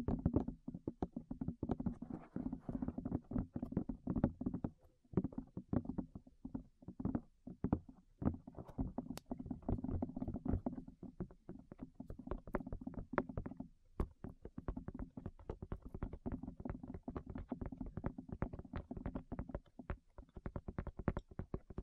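Ear tapping, with rapid, dense, uneven taps and soft thumps continuing throughout, dull and low, with brief pauses near five and fourteen seconds.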